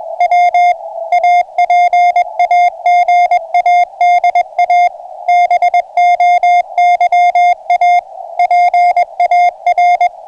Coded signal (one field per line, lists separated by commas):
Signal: Morse code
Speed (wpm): 21 wpm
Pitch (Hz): 710 Hz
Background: music, radio noise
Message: W APAGADA BOYA PAR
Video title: Marinha Uruguaia CW 8.602 Khz - Aviso aos Navegantes: homem ao mar sem salva vidas.